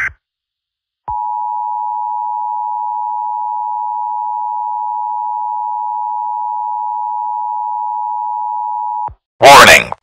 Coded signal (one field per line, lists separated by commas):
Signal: Emergency Alert System (SAME) tones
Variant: 853 and 960 Hz attention tone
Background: speech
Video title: My First EAS Video Ever.